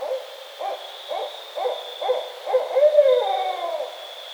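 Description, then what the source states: Barred owl hooting in quick, uneven notes that build into a drawn-out wavering hoot sliding downward, over a constant high-pitched hum. Recorded 28 October 2010.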